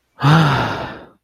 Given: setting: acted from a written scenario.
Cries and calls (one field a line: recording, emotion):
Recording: vocal sound without words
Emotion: relief